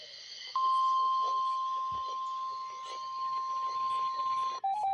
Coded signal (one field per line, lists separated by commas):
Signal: Emergency Alert System (SAME) tones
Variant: 1050 Hz attention tone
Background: speech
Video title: Chaos in East Central Florida! EAS Alerts from June 22 through July 13